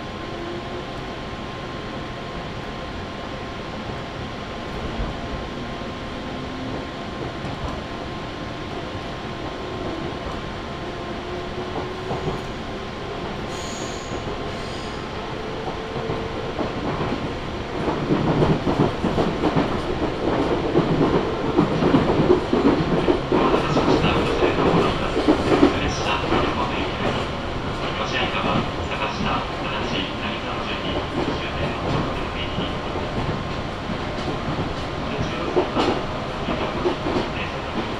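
A Chuo West Line local train runs with a steady hum and rising motor whine, growing into louder rattling clatter midway before easing.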